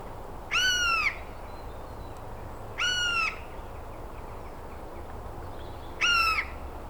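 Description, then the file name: Eurasian jay giving three harsh, nasal, downslurred calls, each about half a second long, spaced roughly two to three seconds apart, over a steady low background hum. "Garrulus glandarius"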